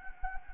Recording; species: mosquito wingbeat signal from an infrared sensor; Anopheles gambiae